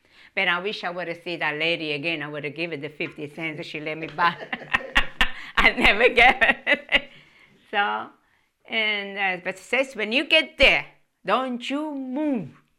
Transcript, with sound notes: But I wish I had seen that lady again. I would have given the fifty cents she lent me back. ( she laughs ) I never gave it. So, but says, "When you get there, don't you move.